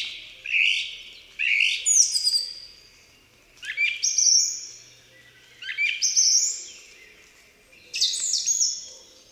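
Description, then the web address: Song thrush singing a series of short, varied phrases of sharp whistles and chirps, one roughly every two seconds, several of them repeated in similar form. "Przyroda Ptaki Spiewak"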